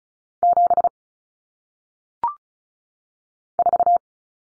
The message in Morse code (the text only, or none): 7 4